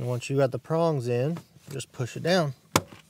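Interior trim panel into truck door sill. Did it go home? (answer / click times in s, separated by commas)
yes / 2.8 s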